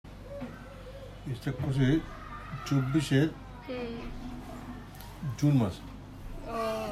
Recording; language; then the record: elicited speech; Bengali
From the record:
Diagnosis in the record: Broca's or global aphasia after a stroke